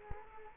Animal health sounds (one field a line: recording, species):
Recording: mosquito wingbeat signal from an infrared sensor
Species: Culex quinquefasciatus